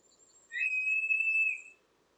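Bearded vulture call: a single long, steady high whistle lasting about a second, slightly rising at the start, in quiet surroundings.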